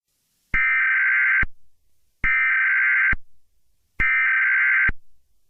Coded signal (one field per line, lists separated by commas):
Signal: Emergency Alert System (SAME) tones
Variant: header bursts